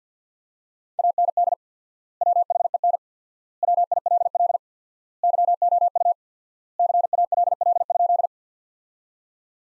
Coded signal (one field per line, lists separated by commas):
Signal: Morse code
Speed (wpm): 50 wpm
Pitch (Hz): 700 Hz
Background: none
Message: AND WHEN WILL YOU CALL?